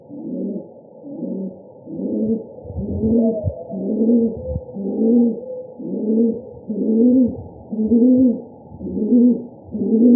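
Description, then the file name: Rock pigeon cooing: low, throaty rolling coos repeated roughly once a second in a steady series. Arizona. "AZFO ROPI 1 B deviche"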